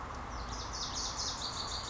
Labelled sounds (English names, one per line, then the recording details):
Wilson's Warbler
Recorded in Sonoma County, California